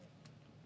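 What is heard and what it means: A screw is turned backwards in its threaded plastic hole in the housing of a GHD Air 1.0 hairdryer during reassembly. A faint click at 0.3 s marks the screw thread dropping into the existing thread, over a steady low hum. The screw is seated and ready to be driven in as normal.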